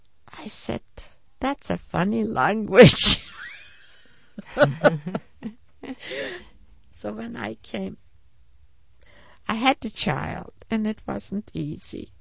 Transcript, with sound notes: I said, "That's a funny language." ( she laughs ) So when I came I had the child and it wasn't easy.